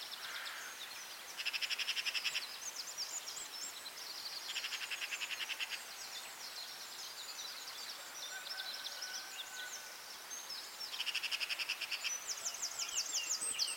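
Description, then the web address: Birds in dawn chorus: overlapping high chirps and trills, with loud buzzy rattling bursts returning around two, five and eleven seconds over steady twittering. Dawn chorus recorded at dawn in Anglesey, Wales. "beanstalk-audio Dawn chorus in Anglesey Wales"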